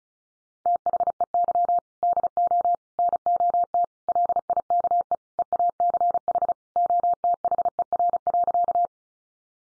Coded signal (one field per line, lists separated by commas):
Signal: Morse code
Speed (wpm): 34 wpm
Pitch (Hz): 700 Hz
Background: none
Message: THEY DO NOT LIKE EACH OTHER.